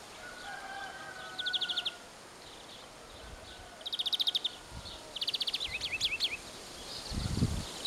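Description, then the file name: European greenfinch uttering quick ticking trills and a short run of rising chirps, with a faint whistle early on and a soft wind gust near the end. "Chloris chloris"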